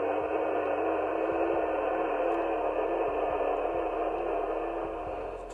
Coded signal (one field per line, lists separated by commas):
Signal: FT8